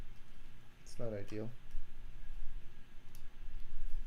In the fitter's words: goodness yeah they're really not clicking